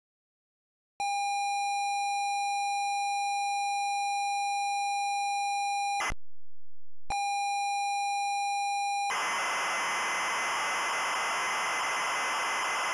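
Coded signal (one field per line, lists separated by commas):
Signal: ZX Spectrum tape loading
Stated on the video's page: ZX Spectrum 48K tape loading of the BASIC program, screen and code block.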